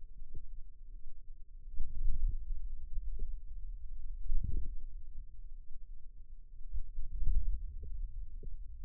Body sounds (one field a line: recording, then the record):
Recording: forearm muscle sounds (acoustic myography)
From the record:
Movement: hand closing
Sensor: system 2, bracelet of six BSWA MPA416 microphones around the upper forearm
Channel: 6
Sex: female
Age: 22 years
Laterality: right